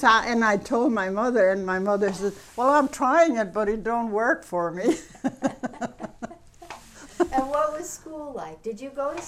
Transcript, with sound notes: And I told my mother, and my mother says, "I'm trying it, but it don't work for me." ( they laugh )
And what was school like? Did you go to school?